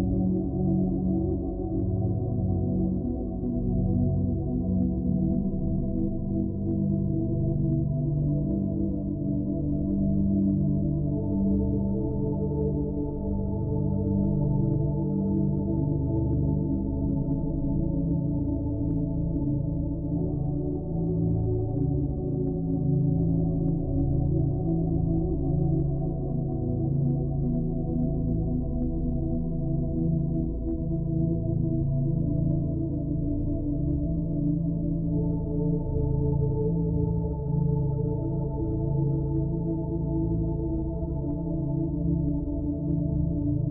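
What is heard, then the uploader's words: Steady 70hz gamma binaural beats hum low and dense, with layered ringing tones like a singing bowl sustained evenly throughout, nothing higher above. 70hz Gamma Binaural Beats.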